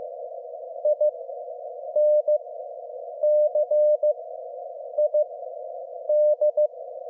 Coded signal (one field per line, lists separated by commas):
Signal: Morse code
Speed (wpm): 15 wpm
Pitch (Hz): 600 Hz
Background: none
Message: INCID